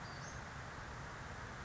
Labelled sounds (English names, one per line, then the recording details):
Western Flycatcher
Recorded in Sonoma County, California